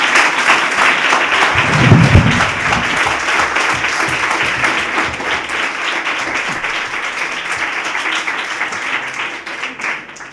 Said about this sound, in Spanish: Hoy tenemos un programa muy especial, con un invitado muy especial, el señor Nicolás Almagro, uno de los mejores tenistas del mundo, actualmente en el puesto número 11 del ranking de la ATP y encima de Murcia. Os pido un fuertísimo aplauso.